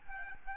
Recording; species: mosquito wingbeat signal from an infrared sensor; Aedes albopictus